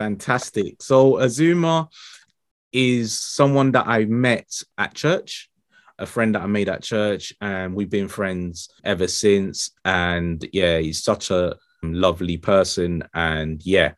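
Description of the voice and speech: Adult man speaks fluently in a quiet room with a steady low-pitched voice, normal pauses and ordinary fillers.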